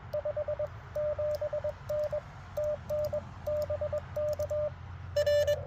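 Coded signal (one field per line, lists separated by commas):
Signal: Morse code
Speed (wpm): 21 wpm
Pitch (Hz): 600 Hz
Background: radio noise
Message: 57N TN BK R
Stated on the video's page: Portable CW on a QMX during a park activation of a wildlife management area, after trying out antenna ideas.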